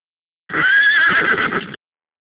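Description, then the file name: Horse whinny, a single tremulous high-pitched neigh lasting just over a second, quivering steadily before stopping abruptly, with no other sounds. "Cheval"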